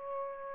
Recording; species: mosquito wingbeat signal from an infrared sensor; Aedes aegypti